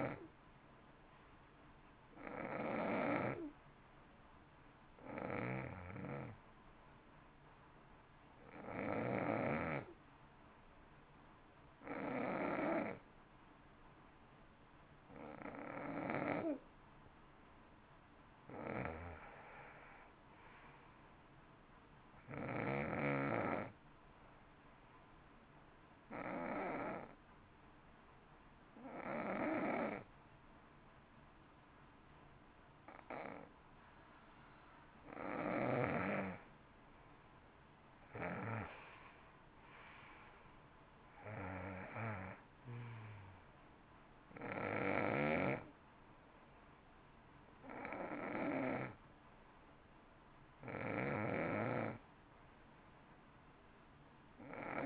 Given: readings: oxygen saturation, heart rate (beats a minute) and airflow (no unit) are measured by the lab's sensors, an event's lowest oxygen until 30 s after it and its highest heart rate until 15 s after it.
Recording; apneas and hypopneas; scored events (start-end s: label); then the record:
breathing in sleep by a voice recorder at the bedside; 2
4.00-19.60 s: hypopnea (N2, oxygen 93% highest, then 89% lowest, heart rate 55 at the start, 60 highest)
26.00-39.10 s: hypopnea (N2, oxygen 91% highest, then 88% lowest, heart rate 59 at the start, 62 highest)
From the record:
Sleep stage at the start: N2 (light sleep); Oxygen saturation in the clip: 86 to 93%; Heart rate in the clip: 55 to 62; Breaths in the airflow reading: 17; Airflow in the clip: -14.4 to 16.3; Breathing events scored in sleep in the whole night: 328 in 6.3 hours asleep